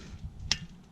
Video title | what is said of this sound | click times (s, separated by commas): HOW TO: BMW 3 Series Rear Brakes (E46) | hear it click like that and you know it's secured down in there and it's not gonna come out | 0.5 s